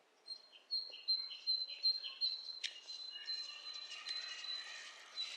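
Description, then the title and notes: Bird calls: a sustained high whistled tone with mellow lower chirps, then a sharp click and a denser run of buzzy notes over hiss. Two birds interacting; lo-fi recording. "bird dialogs. lo-fi recording of two birds interacting"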